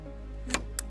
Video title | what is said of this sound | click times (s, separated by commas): Unboxing Cobra MT40VXLE Lawn Edge Trimmer Attachment | And then what we're going to do is give it a bit of a twist and a wiggle and it will click into position | 0.5 s, 0.8 s